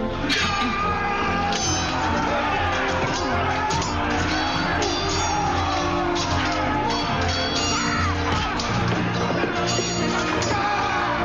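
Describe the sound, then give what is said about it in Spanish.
A dense crowd shouts and yells all at once, a steady roar of overlapping voices with whoops and cries rising above it, loud and unbroken throughout. “¿Qué es esta multitud?”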